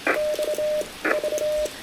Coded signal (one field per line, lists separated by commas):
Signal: Morse code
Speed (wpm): 25 wpm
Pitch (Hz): 590 Hz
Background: none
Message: X V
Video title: QRP, Morse Code & Tea: A Rainy-Day POTA Activation with the Elecraft K2, AX3, and Vibroplex Bug!